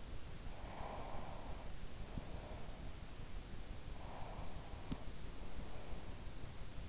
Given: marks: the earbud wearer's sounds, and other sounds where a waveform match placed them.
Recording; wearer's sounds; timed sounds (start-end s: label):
sounds in sleep by an in-ear microphone; breath
0.37-3.00 s: breath
3.94-6.26 s: breath